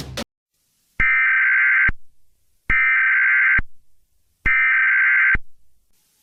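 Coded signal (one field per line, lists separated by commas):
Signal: Emergency Alert System (SAME) tones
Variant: header bursts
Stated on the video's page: Fictional EAS mock scenario using valid EAS tones.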